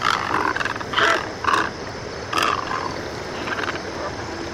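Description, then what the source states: Great Egret uttering rough, strangled-sounding squawks in uneven bursts, several close together then fading, with constant low hiss behind. Dominance dispute between great egrets going beak to beak, necks raised, beaks pointed skyward, wings flaring until one flies away; calls sound like someone being strangled; glacial pond on the Connecticut shore.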